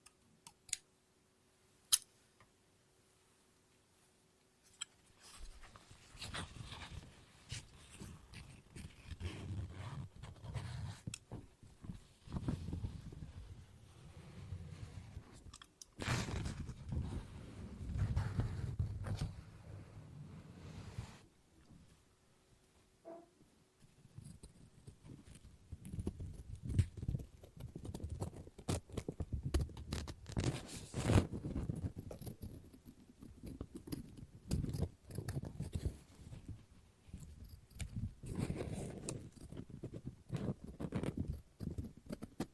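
Scissors cut through paper, with no talking. The first five seconds are nearly silent apart from a faint hum and a stray click. Then come dense, irregular crunching snips and paper rustle, with brief lulls and sharp clicks throughout.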